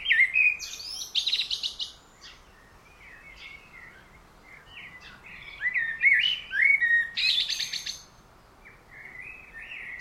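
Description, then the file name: Common blackbird song: a few phrases of fluted warbling, some ending in high, squeaky twittering, with pauses between. "Turdus merula"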